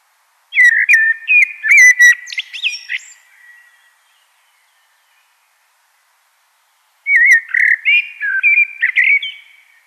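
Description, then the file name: Common blackbird: two long, loud phrases of liquid whistled notes mixed with high scratchy twitters, separated by about three seconds of silence. "Turdus merula"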